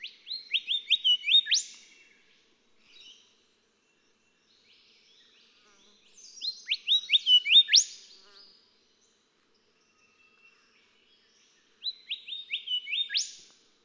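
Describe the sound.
Golden whistler singing three phrases, each a series of quick whistled notes closing with an abrupt upswept crack.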